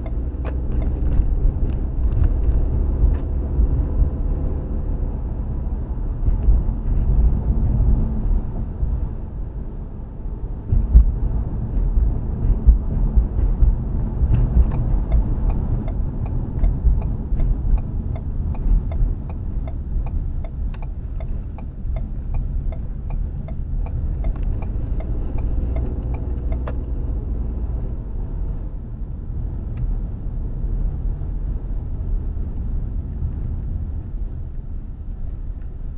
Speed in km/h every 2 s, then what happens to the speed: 32, 39, 44, 42, 42, 44, 40, 39, 31, 21, 18, 19, 26, 32, 32, 31, 21, 11.
0-4 speeds up to 44. 4-11 steady at about 42. 11-19 slows to 18. 22-26 speeds up to 32. 29-34 brakes to 11.